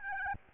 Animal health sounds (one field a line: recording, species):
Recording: mosquito wingbeat signal from an infrared sensor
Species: Aedes albopictus